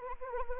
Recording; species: mosquito wingbeat signal from an infrared sensor; Anopheles arabiensis